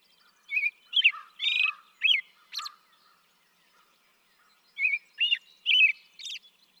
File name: American Robin